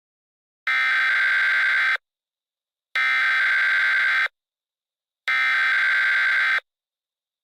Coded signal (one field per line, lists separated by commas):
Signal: Emergency Alert System (SAME) tones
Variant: header bursts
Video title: (Part 2) EAS Short Scenario 59 - The Witch attacks New England